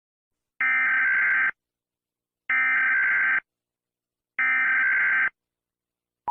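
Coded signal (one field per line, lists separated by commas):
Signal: Emergency Alert System (SAME) tones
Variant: header bursts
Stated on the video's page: Fictional EAS scenario about alien sightings, a made-up alert rather than a real broadcast.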